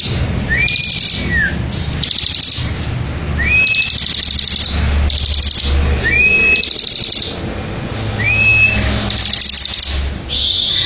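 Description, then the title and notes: Bar-winged prinia repeating its song several times: a brief rising whistle, then a loud, fast, buzzy rattle. Ngebren song style of the bar-winged prinia, used as a tutor recording for training white-rumped shamas. "Ciblek Ngebren Untuk Masteran Murai Batu. Suara burung ciblek - Suara Nada"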